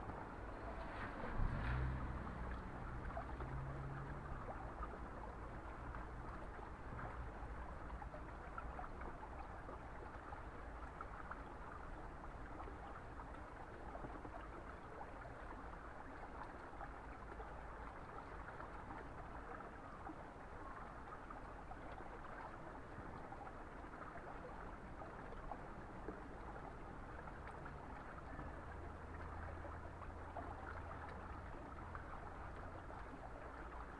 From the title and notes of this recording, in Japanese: 環境音 湧水で大根洗い。そのための大根洗いを、いつもの富士湧水の洗い場で行います。洗い場の向かいはお寺。